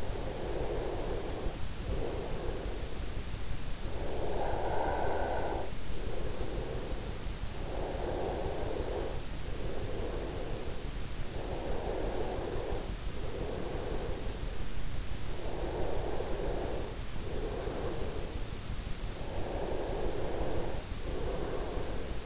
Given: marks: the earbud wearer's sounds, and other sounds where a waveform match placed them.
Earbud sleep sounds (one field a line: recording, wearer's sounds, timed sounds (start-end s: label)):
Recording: sounds in sleep by an in-ear microphone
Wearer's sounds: breath, snoring breath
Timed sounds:
0.00-2.99 s: breath
3.99-6.99 s: snoring breath
7.99-14.75 s: breath
15.37-17.99 s: breath
18.99-22.26 s: breath